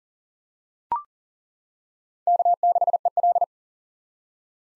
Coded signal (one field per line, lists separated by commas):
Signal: Morse code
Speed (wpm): 37 wpm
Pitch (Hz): 700 Hz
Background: none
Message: K6EL